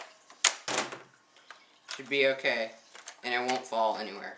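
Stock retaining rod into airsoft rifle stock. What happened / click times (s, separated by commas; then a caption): A metal part is handled against plastic, but a sharp click at 0.5 s could be mistaken for seating / none. A thin metal stock retaining rod is handled at the end of a plastic ECHO1 G36C airsoft rifle stock, with a few brief taps and scrapes early on. Someone talks through the rest of the clip. The rod has not seated or clicked into place yet.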